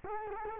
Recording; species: mosquito wingbeat signal from an infrared sensor; Culex quinquefasciatus